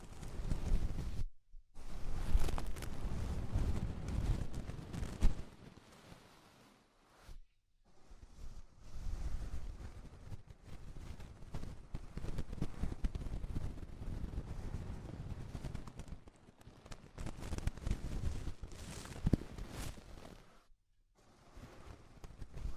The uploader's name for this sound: Ear Cleaning Rhinestone & Clay Removal